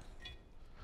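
A factory harness plug is handled against a Rockford Fosgate T-harness adapter with a lever-lock connector, during a head unit, speaker and amp installation on a 2014+ Harley-Davidson Touring. There are quiet handling and rustling sounds with a faint, brief higher-pitched touch near 0.3 seconds. Nothing has seated or clicked yet.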